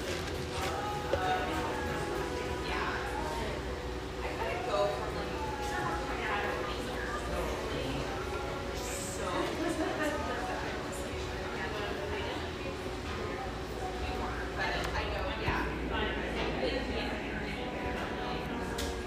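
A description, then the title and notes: Murmur of a busy espresso bar: many voices overlap into a steady, dense chatter with no single speaker standing out. A low constant hum runs underneath, and brief clinks and brighter clatters surface now and then, one sharper one around nine seconds. Murmur of this bright, airy espresso joint in the North Beach neighborhood of one of America's best third-wave coffee cities.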